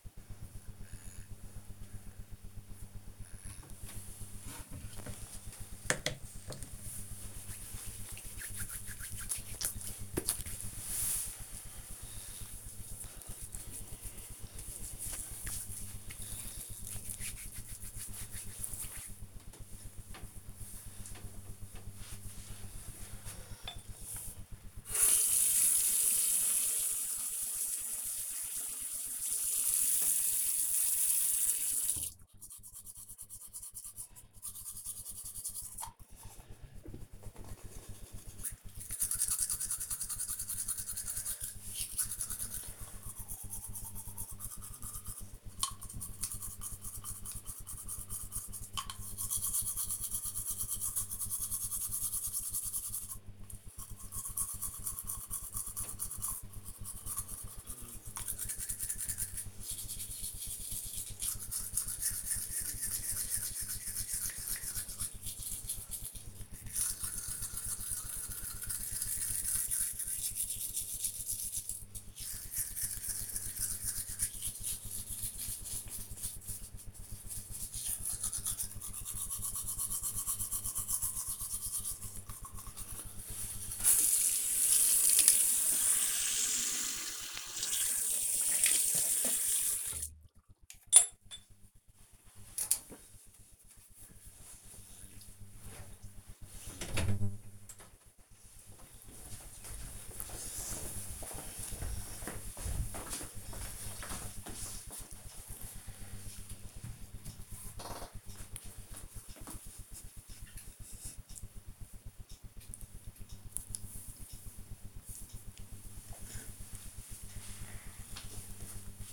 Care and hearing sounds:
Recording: household activities, microphone on the right wrist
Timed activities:
3.14-19.28 s: disinfecting hands
24.31-89.71 s: brushing teeth

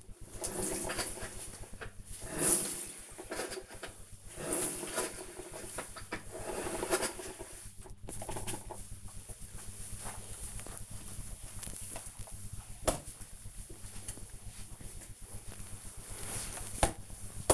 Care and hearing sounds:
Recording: household activities, microphone on the right wrist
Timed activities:
0.00-17.53 s: floor cleaning

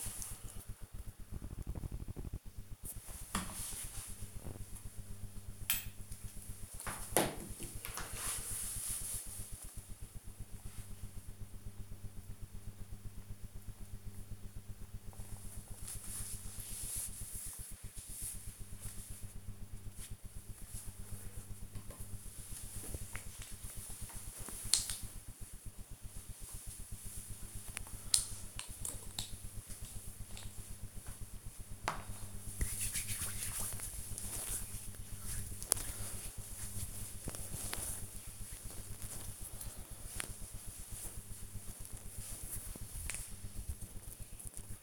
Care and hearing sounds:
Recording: household activities, microphone on the right wrist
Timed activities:
21.41-44.83 s: cream hands

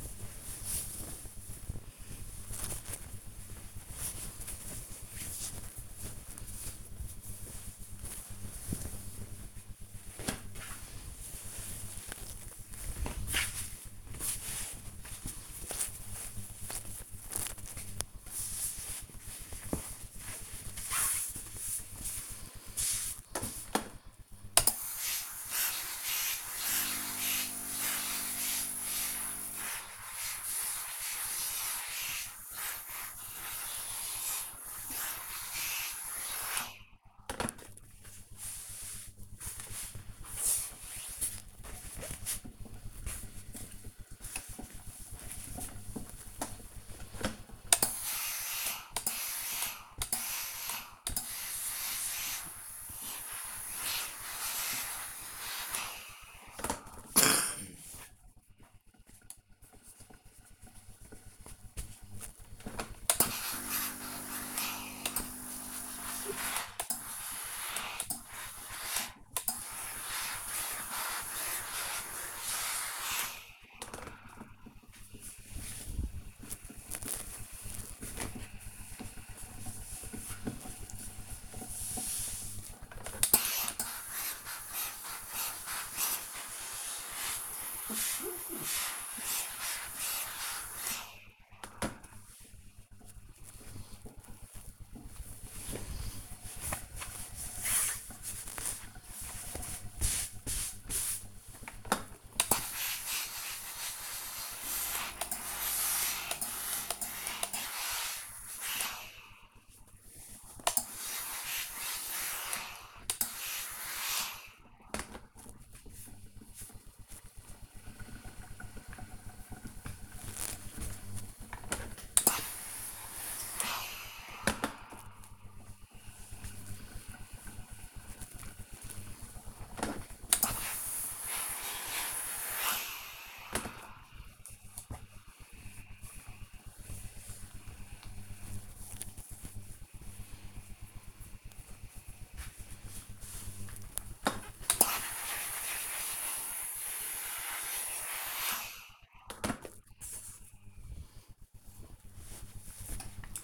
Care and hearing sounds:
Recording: household activities, microphone on the right wrist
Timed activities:
41.02-153.43 s: ironing laundry

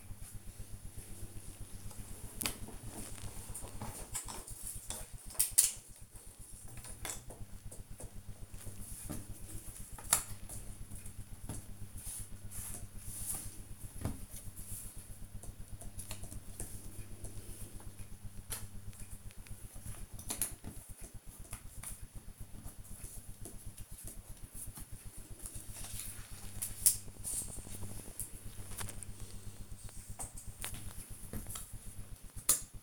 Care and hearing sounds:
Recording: household activities, microphone on the right wrist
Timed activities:
0.00-32.83 s: doing a puzzle

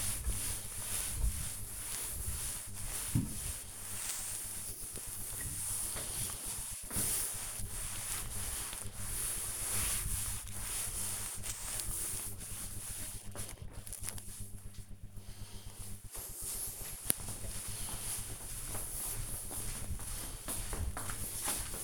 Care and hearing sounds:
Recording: household activities, microphone on the right wrist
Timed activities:
0.00-13.53 s: cleaning table

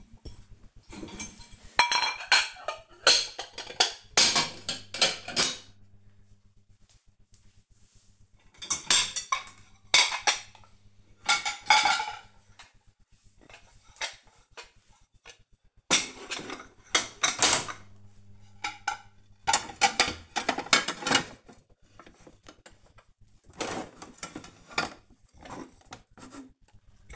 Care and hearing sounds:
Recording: household activities, microphone on the right wrist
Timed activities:
0.00-27.16 s: cleaning out the dishwasher

